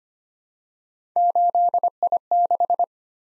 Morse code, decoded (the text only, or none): 8I6